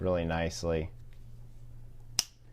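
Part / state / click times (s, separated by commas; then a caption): utensil piece into a camp utensil set holder / seated / 2.2 s. Someone talks briefly, then a utensil piece is pushed into the holder of a camp utensil set. A single loud, sharp snap rings out at 2.2 s as the piece seats firmly in place.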